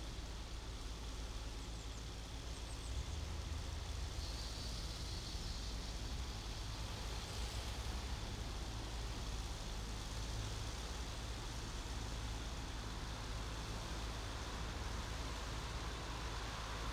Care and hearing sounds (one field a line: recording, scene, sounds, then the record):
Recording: everyday scene through a hearing-aid microphone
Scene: in traffic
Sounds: traffic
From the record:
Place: main city hub, rush hour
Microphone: in the ear canal, right